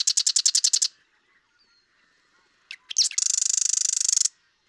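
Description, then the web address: Marsh Wren song: a quick series of sharp clicks, a pause, then a few introductory notes leading into a long, fast, mechanical rattling trill. "birdsongforthecurious Marsh Wren"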